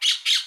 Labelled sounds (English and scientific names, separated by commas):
Brown-throated Parakeet (Eupsittula pertinax) contact call